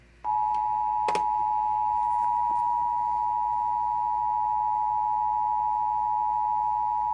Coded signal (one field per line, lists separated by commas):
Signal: Emergency Alert System (SAME) tones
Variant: 853 and 960 Hz attention tone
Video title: EAS 838 - Severe Thunderstorm Watch 249 (TV)